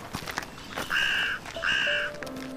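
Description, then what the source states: Carrion crow cawing: two harsh, evenly pitched caws in quick succession. Heard in the background on a walk toward dark woodland in a London cemetery, where carrion crows have a substantial population and are very noisy.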